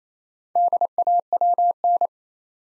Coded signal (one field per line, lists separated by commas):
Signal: Morse code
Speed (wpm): 28 wpm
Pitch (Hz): 700 Hz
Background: none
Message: DAWN